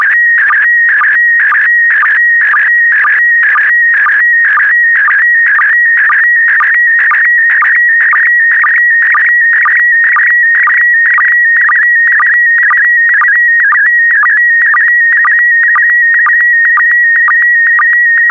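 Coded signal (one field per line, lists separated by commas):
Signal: SSTV (slow-scan television)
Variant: PD120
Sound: steady warbling high tone with rhythmic short low blips about twice per second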